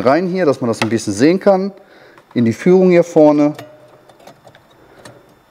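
Someone talks while guiding an Osram Nightbreaker +200% H7 halogen bulb's metal base into the locating slot of an Opel Corsa D headlight housing, ahead of pressing it under the spring clips. After the talking stops, a few faint, short ticks and taps are heard around 4.1, 4.5 and 5.1 seconds. The bulb has not seated or clicked yet.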